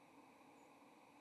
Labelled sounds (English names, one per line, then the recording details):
White-throated Sparrow flight call
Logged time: 08:19 on 30 October 2014